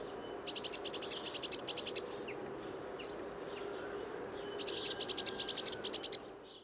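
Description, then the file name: Eurasian blue tit calls, two bursts of several quick high notes, the second after a pause of over two seconds, with faint other chirps in between. "Cyanistes caeruleus"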